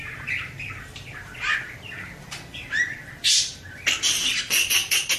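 Birds giving scattered single chirps and whistled notes, then a quicker run of short, sharp calls toward the end, with a soft low hum beneath.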